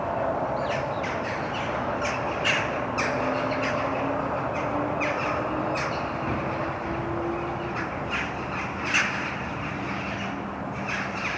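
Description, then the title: Birds giving many harsh, raspy caw-like calls in irregular bursts over a steady low rumble. Birds at Mariahoeve, Den Haag, Netherlands; Sony PCM D50. "Mariahoeve, Den Haag, Nederland - Vogels mariahieve"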